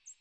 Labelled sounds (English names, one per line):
American Redstart flight call